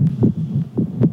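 Soft, low thumping beats repeat at a steady pace, roughly two heartbeats in just over a second, over a faint steady hum. This is an adult man's heartbeat recorded on a cell phone, muffled rather than stethoscope-clear.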